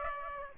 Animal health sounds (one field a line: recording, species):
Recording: mosquito wingbeat signal from an infrared sensor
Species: Aedes aegypti